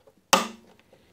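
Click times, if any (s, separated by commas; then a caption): 0.3 s. On a Polo IV, the plastic bulb holder is pressed back onto the rear tail light housing after a bulb change. A single sharp, bright snap comes at 0.3 s and rings down over about a quarter second, with near silence before and after. The holder clips in and is seated.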